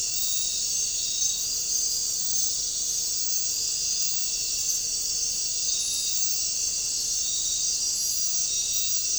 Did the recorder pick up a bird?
no